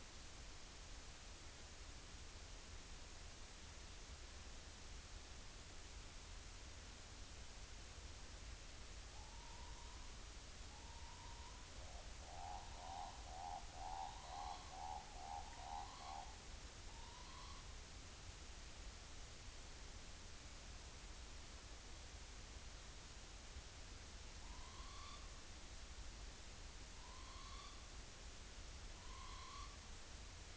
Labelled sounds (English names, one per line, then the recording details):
Morepork trill
Morepork rororo call
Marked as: faintness 4/5, faintness 1/5, faintness 5/5, faintness 3/5
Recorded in New Zealand on 30 April 2013
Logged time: 02:19
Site Ponui